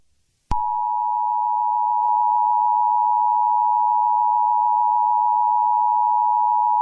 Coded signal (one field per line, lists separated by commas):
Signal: Emergency Alert System (SAME) tones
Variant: 853 and 960 Hz attention tone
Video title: EAS Scenario | Toy Story 5: Plastic Rebellion (#92)